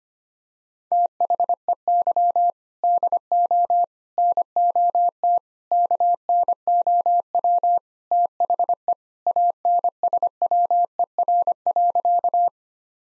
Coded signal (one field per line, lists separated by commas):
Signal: Morse code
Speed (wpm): 25 wpm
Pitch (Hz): 700 Hz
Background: none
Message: THEY DO NOT KNOW THE ANSWER.